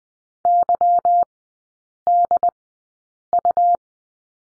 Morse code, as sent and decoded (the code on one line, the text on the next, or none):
-.-- -.. ..-
YDU